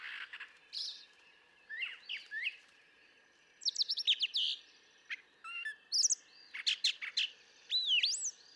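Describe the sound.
Brown thrasher song, somewhat softer, with varied phrases of rasping bursts, rapid ticks and slurred whistles, some repeated twice, over a faint steady background hum.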